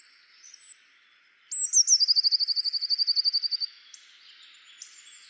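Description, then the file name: Eurasian blue tit song, opening with high piercing notes and sliding into a rapid, slightly descending trill of many identical notes. "Cyanistes caeruleus"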